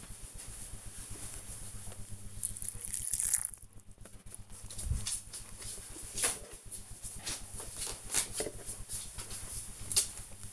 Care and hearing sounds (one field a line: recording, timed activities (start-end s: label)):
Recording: household activities, microphone on the right wrist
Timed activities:
0.00-4.80 s: watering plant